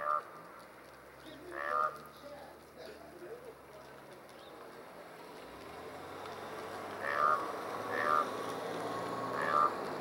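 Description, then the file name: Raven calls: scattered hoarse croaks, a few early on and three more near the end, over steady background noise. Two ravens calling to each other, recorded 10 March 2012. "Two Ravens Talking Mar 10 2012"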